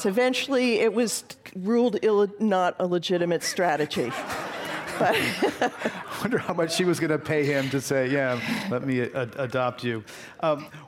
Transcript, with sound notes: eventually it was ruled not a legitimate strategy.
[Laughter]
I wonder how much she was gonna pay him to say, yeah, let me adopt you.